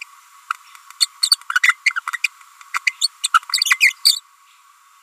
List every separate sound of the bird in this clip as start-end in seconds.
1.00-1.05, 1.23-1.29, 1.55-1.59, 1.63-1.71, 1.86-1.89, 1.96-2.00, 2.13-2.17, 2.24-2.27, 2.74-2.79, 2.87-2.90, 3.01-3.07, 3.23-3.27, 3.34-3.39, 3.61-3.64, 3.80-3.90, 4.05-4.16